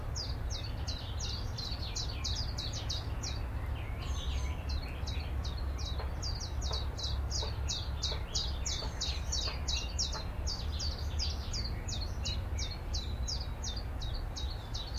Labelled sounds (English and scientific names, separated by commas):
Willow Warbler (Phylloscopus trochilus)